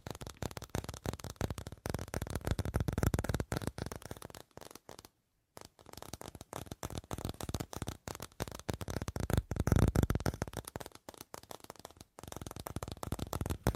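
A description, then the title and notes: Fast tapping runs as a dense, rapid stream of short, crisp clicks, like shuffling cards or fingertips drumming on a hard surface. The rhythm is quick and slightly uneven, swelling louder around three and ten seconds. It breaks off briefly near five seconds, and again just after twelve. ASMR 1 Hour Fast Tapping for Sleep (No Talking).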